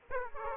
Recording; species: mosquito wingbeat signal from an infrared sensor; Aedes aegypti